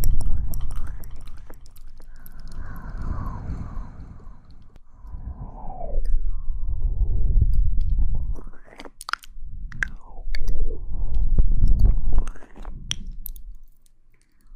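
Mouth sounds, wet and chewing-like, with low rumbling swells and smacking clicks that come and go over the whole clip. Brief pauses break it up near five and nine seconds, and sharper crackly ticks cluster around nine to thirteen seconds.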